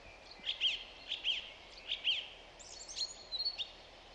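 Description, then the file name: Song thrush song: a clear note repeated three times in a row, then a different, quicker sharp phrase, over faint background hiss. "Zanglijster Turdus philomelos"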